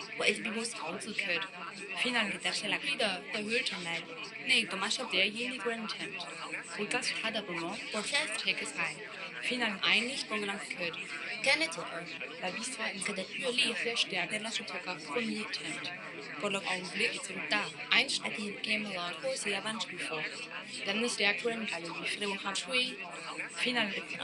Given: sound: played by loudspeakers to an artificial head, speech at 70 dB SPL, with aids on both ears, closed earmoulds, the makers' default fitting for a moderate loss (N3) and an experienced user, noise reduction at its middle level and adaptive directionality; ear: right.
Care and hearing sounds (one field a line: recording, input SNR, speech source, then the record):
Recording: speech test signal (ISTS) in cocktail-party noise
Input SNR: -3 dB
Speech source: in front (0 degrees)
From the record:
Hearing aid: class 2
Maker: I